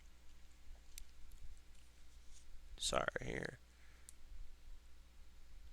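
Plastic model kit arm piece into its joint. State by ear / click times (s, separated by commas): seated / 4.1 s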